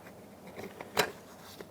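A plastic trim cover is handled and pressed onto the door while the front exterior door handle is being replaced on a 2002–2006 Toyota Camry. Brief plastic knocks and taps are heard at about 0.8, 1.0 (the loudest) and 1.6 seconds over a quiet background. The cover has not snapped into place yet; nothing has seated or clicked.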